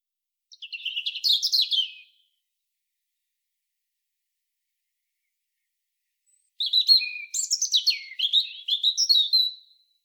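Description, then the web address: European robin song: a short high twittering phrase, a long silent pause, then a longer run of thin, tumbling, varied notes with trills and high squeaks. Otherwise quiet. "SETE Erithacus rubecula"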